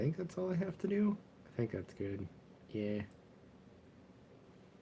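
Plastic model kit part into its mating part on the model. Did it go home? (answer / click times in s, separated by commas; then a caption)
no / none. A plastic model kit part for an HG Shaldoll Rogue Gunpla is handled as it is fitted to its mating part on the model, while someone talks through the first three seconds. After that, only a faint steady background remains; nothing has seated or clicked yet.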